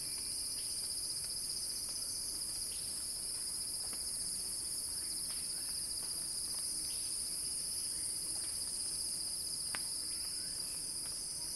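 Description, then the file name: Cicada buzz, steady and shrill, holding constant throughout, with faint scattered clicks beneath. Crescendo. "earth-fm Axel-Drioli Cicada-Crescendo-Sounding-Wild"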